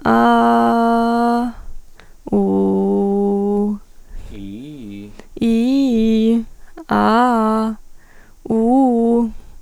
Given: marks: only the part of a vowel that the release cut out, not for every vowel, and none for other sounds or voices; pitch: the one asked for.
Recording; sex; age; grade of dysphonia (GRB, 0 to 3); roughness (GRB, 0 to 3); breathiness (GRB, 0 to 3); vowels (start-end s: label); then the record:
sustained vowels; female; 20 to 29 years; 0; 0; 0
0.27-1.38 s: vowel /a/, low pitch
2.46-3.62 s: vowel /u/, low pitch
5.53-6.30 s: vowel /i/, low-high-low pitch
6.98-7.63 s: vowel /a/, low-high-low pitch
8.56-9.19 s: vowel /u/, low-high-low pitch
From the record:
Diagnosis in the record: healthy voice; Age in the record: 22 years